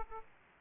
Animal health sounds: mosquito wingbeat signal from an infrared sensor; Aedes aegypti

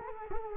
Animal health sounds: mosquito wingbeat signal from an infrared sensor; Culex quinquefasciatus

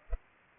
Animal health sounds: mosquito wingbeat signal from an infrared sensor; Culex pipiens

